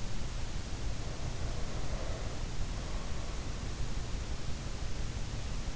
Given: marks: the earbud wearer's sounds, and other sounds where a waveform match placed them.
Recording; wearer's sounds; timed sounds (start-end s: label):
sounds in sleep by an in-ear microphone; breath
0.65-3.90 s: breath